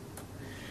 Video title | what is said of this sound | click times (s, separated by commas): Dinky Motor Instructions | snap in place now when you snap it push downward very carefully | 0.2 s